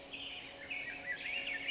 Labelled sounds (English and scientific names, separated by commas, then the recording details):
California Towhee (Melozone crissalis)
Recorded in Sonoma County, California